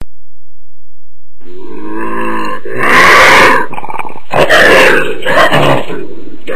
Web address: jaguar ripping call